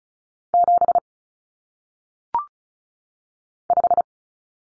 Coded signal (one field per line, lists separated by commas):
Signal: Morse code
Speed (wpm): 36 wpm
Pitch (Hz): 700 Hz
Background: none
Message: 7 5